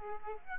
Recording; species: mosquito wingbeat signal from an infrared sensor; Aedes aegypti